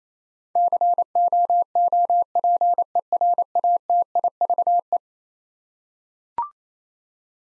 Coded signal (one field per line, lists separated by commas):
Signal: Morse code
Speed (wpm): 27 wpm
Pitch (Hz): 700 Hz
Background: none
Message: COOPERATIVE